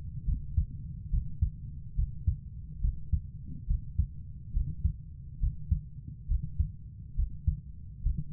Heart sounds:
heart sounds by stethoscope; 69 bpm
0.26 s: heartbeat
1.11 s: heartbeat
1.96 s: heartbeat
2.81 s: heartbeat
3.67 s: heartbeat
4.53 s: heartbeat
5.40 s: heartbeat
6.28 s: heartbeat
7.16 s: heartbeat
8.03 s: heartbeat
From the record:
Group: healthy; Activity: breath hold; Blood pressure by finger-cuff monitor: 121/62 mmHg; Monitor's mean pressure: 76 mmHg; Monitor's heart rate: 70 bpm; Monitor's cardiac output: 6.8 L/min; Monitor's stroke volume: 94 mL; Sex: female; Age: 22 years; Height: 160 cm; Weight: 63 kg

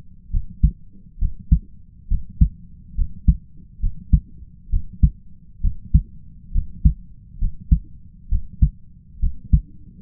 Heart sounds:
heart sounds by stethoscope; 67 bpm
0.30 s: heartbeat
1.18 s: heartbeat
2.08 s: heartbeat
2.95 s: heartbeat
3.80 s: heartbeat
4.69 s: heartbeat
5.61 s: heartbeat
6.52 s: heartbeat
7.38 s: heartbeat
8.29 s: heartbeat
9.19 s: heartbeat
From the record:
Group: healthy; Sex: male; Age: 20 years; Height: 167 cm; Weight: 61 kg

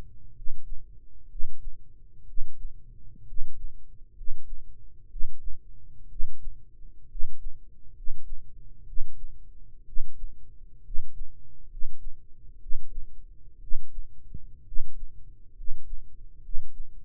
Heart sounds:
heart sounds by microphone in the right ear; 63 bpm
0.30 s: heartbeat
1.25 s: heartbeat
2.22 s: heartbeat
3.22 s: heartbeat
4.11 s: heartbeat
5.05 s: heartbeat
6.05 s: heartbeat
7.05 s: heartbeat
7.90 s: heartbeat
8.82 s: heartbeat
9.82 s: heartbeat
10.79 s: heartbeat
11.65 s: heartbeat
12.56 s: heartbeat
13.57 s: heartbeat
14.61 s: heartbeat
15.51 s: heartbeat
16.38 s: heartbeat
From the record:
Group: healthy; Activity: cold pressor test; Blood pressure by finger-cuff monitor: 101/50 mmHg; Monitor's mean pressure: 62 mmHg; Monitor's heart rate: 64 bpm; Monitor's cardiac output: 7.4 L/min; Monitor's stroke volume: 117 mL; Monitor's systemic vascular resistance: 590 dyn s/cm5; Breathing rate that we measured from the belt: 16 breaths a minute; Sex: male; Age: 22 years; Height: 185 cm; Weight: 112.4 kg

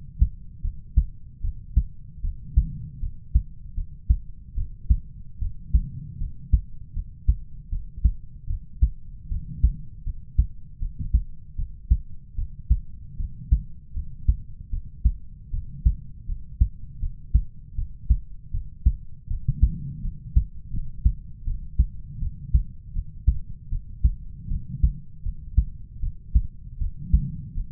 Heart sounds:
heart sounds by stethoscope; 78 bpm
0.61 s: heartbeat
1.41 s: heartbeat
2.21 s: heartbeat
2.99 s: heartbeat
3.74 s: heartbeat
4.55 s: heartbeat
5.39 s: heartbeat
6.17 s: heartbeat
6.93 s: heartbeat
7.69 s: heartbeat
8.47 s: heartbeat
9.28 s: heartbeat
10.03 s: heartbeat
10.78 s: heartbeat
11.55 s: heartbeat
12.35 s: heartbeat
13.16 s: heartbeat
13.93 s: heartbeat
14.70 s: heartbeat
15.50 s: heartbeat
16.25 s: heartbeat
16.99 s: heartbeat
17.75 s: heartbeat
18.50 s: heartbeat
19.27 s: heartbeat
20.01 s: heartbeat
20.70 s: heartbeat
21.44 s: heartbeat
22.19 s: heartbeat
22.92 s: heartbeat
23.69 s: heartbeat
24.48 s: heartbeat
25.22 s: heartbeat
26.00 s: heartbeat
26.78 s: heartbeat
27.54 s: heartbeat
From the record:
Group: healthy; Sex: male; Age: 20 years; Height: 187 cm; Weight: 68.9 kg

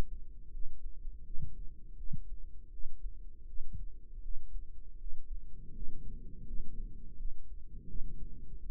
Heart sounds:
heart sounds by microphone in the right ear; 82 bpm
0.50 s: heartbeat
1.22 s: heartbeat
1.95 s: heartbeat
2.69 s: heartbeat
3.44 s: heartbeat
4.20 s: heartbeat
4.96 s: heartbeat
5.72 s: heartbeat
6.44 s: heartbeat
7.15 s: heartbeat
7.86 s: heartbeat
8.57 s: heartbeat
From the record:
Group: healthy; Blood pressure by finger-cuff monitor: 116/66 mmHg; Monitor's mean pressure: 80 mmHg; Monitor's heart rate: 82 bpm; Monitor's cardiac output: 8.1 L/min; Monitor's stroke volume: 102 mL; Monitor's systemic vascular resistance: 720 dyn s/cm5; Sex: male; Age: 33 years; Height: 179 cm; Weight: 80.4 kg

